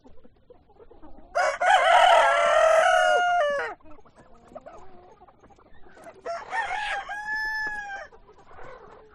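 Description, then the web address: Chicken crowing: a loud drawn-out rooster crow, then quieter clucks and a second, softer crow. Hens and roosters at a poultry farm. "granja avicola sonidos de gallinas y gallos"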